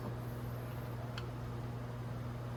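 A pump part is wiggled into position in its mount on the engine of a Venom X22gt 250cc during a start gear change. A steady low hum runs throughout, with one faint brief high-pitched trace around 1.2 seconds. The part has not seated or clicked into place yet.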